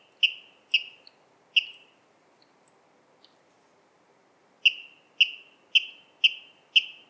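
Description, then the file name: Water rail sounding three sharp notes, some faint ticks, then a steady run of five clear, ringing notes about half a second apart. "Waterral Rallus aquaticus"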